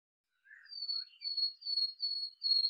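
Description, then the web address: Common nightingale song, soft thin high whistled notes drawn out in a series of slightly falling tones with a few lower chirps. "cianscape birddata Deverinetal 2025"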